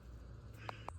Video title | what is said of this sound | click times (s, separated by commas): 5th Gen Toyota 4Runner Maintenance: Front/Rear Differential & Transfer Case Fluid Change | All right, 27 foot-pounds. Hear the click and we're good. | 0.7 s, 0.9 s